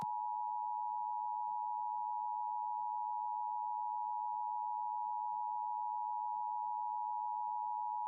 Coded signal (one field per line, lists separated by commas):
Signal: Emergency Alert System (SAME) tones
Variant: 853 and 960 Hz attention tone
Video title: LIVE AM/MW DX: DX Central Live - S. 3, Ep. 15 | Friday, January 13, 2023